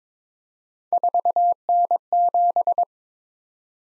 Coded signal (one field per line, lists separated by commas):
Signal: Morse code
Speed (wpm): 22 wpm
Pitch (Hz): 700 Hz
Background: none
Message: 4N7